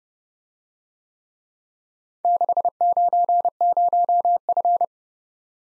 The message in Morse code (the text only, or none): 690F